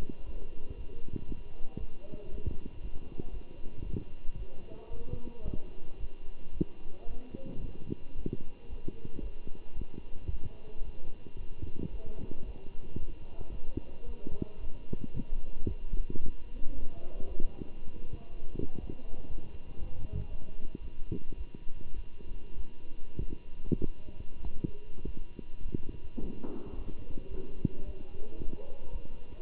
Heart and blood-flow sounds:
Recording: heart sounds by stethoscope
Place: between the tricuspid and mitral areas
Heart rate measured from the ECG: 111 bpm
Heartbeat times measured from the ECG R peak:
0.24 s: heartbeat
0.76 s: heartbeat
1.27 s: heartbeat
1.78 s: heartbeat
2.30 s: heartbeat
2.81 s: heartbeat
3.32 s: heartbeat
3.84 s: heartbeat
4.37 s: heartbeat
4.90 s: heartbeat
5.43 s: heartbeat
5.98 s: heartbeat
6.52 s: heartbeat
7.07 s: heartbeat
7.60 s: heartbeat
8.14 s: heartbeat
8.68 s: heartbeat
9.21 s: heartbeat
9.75 s: heartbeat
10.29 s: heartbeat
10.83 s: heartbeat
11.36 s: heartbeat
11.90 s: heartbeat
12.44 s: heartbeat
12.97 s: heartbeat
13.50 s: heartbeat
14.04 s: heartbeat
14.59 s: heartbeat
15.13 s: heartbeat
15.66 s: heartbeat
16.20 s: heartbeat
16.73 s: heartbeat
17.25 s: heartbeat
17.77 s: heartbeat
18.28 s: heartbeat
18.78 s: heartbeat
19.28 s: heartbeat
19.77 s: heartbeat
20.27 s: heartbeat
20.80 s: heartbeat
21.36 s: heartbeat
21.94 s: heartbeat
22.55 s: heartbeat
23.18 s: heartbeat
23.79 s: heartbeat
24.42 s: heartbeat
25.04 s: heartbeat
25.61 s: heartbeat
26.19 s: heartbeat
26.75 s: heartbeat
27.30 s: heartbeat
27.84 s: heartbeat
28.38 s: heartbeat
28.91 s: heartbeat
From the record:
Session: Bruce protocol treadmill stress test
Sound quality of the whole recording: good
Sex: male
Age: 23 years

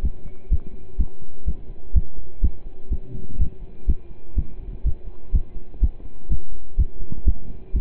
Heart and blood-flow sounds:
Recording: heart sounds by stethoscope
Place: between the tricuspid and mitral areas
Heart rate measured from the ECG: 124 bpm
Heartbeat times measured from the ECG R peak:
0.03 s: heartbeat
0.51 s: heartbeat
0.99 s: heartbeat
1.46 s: heartbeat
1.95 s: heartbeat
2.43 s: heartbeat
2.91 s: heartbeat
3.39 s: heartbeat
3.88 s: heartbeat
4.36 s: heartbeat
4.85 s: heartbeat
5.33 s: heartbeat
5.82 s: heartbeat
6.30 s: heartbeat
6.78 s: heartbeat
7.26 s: heartbeat
7.74 s: heartbeat
From the record:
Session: pedaling a stationary bicycle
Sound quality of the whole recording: partially saturated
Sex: male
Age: 27 years

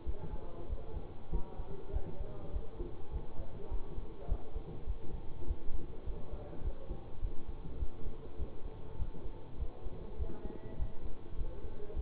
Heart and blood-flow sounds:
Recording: heart sounds by stethoscope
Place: between the tricuspid and mitral areas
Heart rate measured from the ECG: 101 bpm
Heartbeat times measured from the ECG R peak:
0.03 s: heartbeat
0.67 s: heartbeat
1.29 s: heartbeat
1.90 s: heartbeat
2.50 s: heartbeat
3.10 s: heartbeat
3.68 s: heartbeat
4.26 s: heartbeat
4.84 s: heartbeat
5.45 s: heartbeat
6.03 s: heartbeat
6.61 s: heartbeat
7.19 s: heartbeat
7.77 s: heartbeat
8.36 s: heartbeat
8.96 s: heartbeat
9.57 s: heartbeat
10.16 s: heartbeat
10.76 s: heartbeat
11.35 s: heartbeat
11.93 s: heartbeat
From the record:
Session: bicycle stress test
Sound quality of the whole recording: good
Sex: male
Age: 24 years

